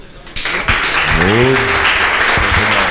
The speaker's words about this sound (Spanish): Pues nada, mañana os vemos en el tributo y aplaudiremos a rabiar seguro como ahora.